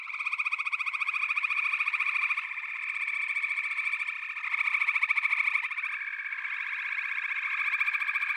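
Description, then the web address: Chorus of frogs in fast, repeated pulsing trills over continuous high ringing notes, the volume swelling in several waves. "The Natural Sounds of the Wilderness. Echoes of Nature - Frog Chorus"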